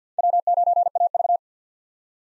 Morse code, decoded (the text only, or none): W9AV